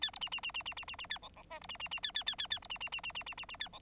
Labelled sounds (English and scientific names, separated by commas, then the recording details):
Bengalese Finch (Lonchura striata domestica) song
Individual Bird9